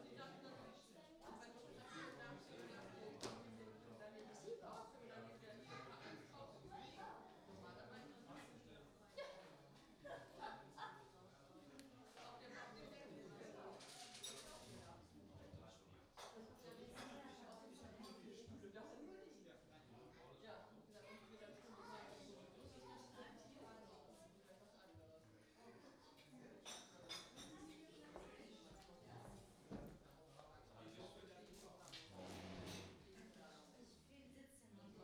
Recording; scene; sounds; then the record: everyday scene through a hearing-aid microphone; many people talking; many voices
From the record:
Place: parish hall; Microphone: in the ear canal, right